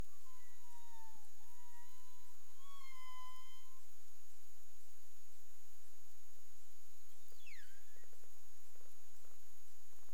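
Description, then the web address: Humpback whale tonal calls: a wavering moan near one pitch, then another harmonic-rich tone, and later a quick steep downward sweep, over a steady underwater hiss. Recorded in the Caribbean on 30 April 2035 at 03:23 UTC. "CARIMAM. humpback whale"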